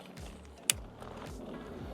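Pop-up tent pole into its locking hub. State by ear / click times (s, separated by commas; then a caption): seated / 0.7 s. A side pole of a pop-up instant tent is pulled up into its locking hub, with low sweeping tones and soft noise underneath. A single sharp, bright click sounds at 0.7 s as the hub locks, and the pole is seated.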